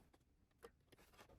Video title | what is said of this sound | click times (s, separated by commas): We got our very first Ps5 slim and its awesome!! | Till you hear that click. | 0.7 s